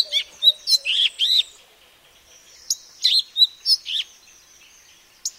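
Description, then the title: Madagascar magpie-robin singing two quick runs of bright, varied whistled notes and chirps, separated by a pause, with a faint low whistle underneath. "suara burung kacer madagaskar"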